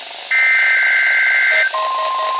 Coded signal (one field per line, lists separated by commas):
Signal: Emergency Alert System (SAME) tones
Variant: header bursts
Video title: EAS: WXL52 and WXM33 Weekly Tests (11/25/20)(EAS #520-521)